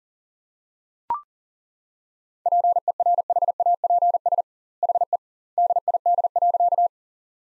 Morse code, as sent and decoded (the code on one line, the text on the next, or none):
.--. . .-. .... .- .--. ... / .... . / -.. .. -.. .-.-.-
PERHAPS HE DID.